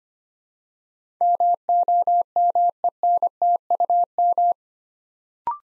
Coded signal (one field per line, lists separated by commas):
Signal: Morse code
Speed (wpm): 25 wpm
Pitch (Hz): 700 Hz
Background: none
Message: MOMENTUM